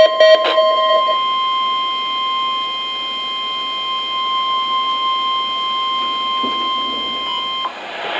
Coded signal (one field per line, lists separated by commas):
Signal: Emergency Alert System (SAME) tones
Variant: 1050 Hz attention tone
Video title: NOAA Weather Radio EAS #343: Required Weekly Test